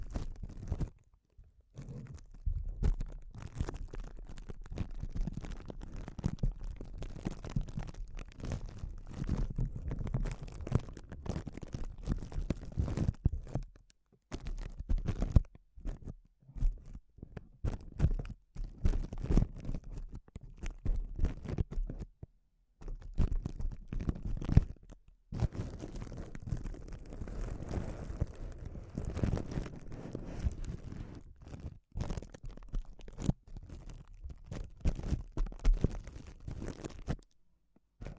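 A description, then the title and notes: Sensitive crinkles: dense, irregular crackling and rustling that comes in bursts, heaviest in the low end with brittle bright edges. Brief silent gaps break it up around 14, 22 and 25 seconds, and the busiest stretch runs from about 25 to 33 seconds. ASMR Sensitive Crinkles (No Talking).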